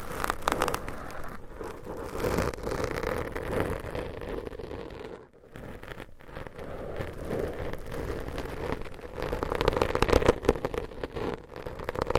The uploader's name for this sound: Gentle Tapping & Scratching